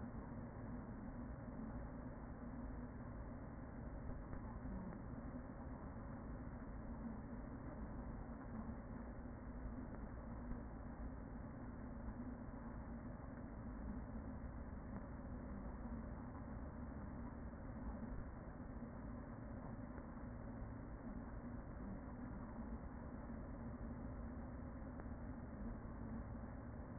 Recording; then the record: honeybee colony, microphone inside the hive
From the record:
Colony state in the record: queen present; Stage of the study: after two queens were removed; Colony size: about 40,000 bees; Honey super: no